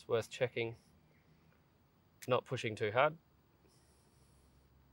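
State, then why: Not seated. An e-bike's main motor cable plug is being handled at its mating connector on the bike while someone talks in two short bursts. Nothing has seated or clicked yet.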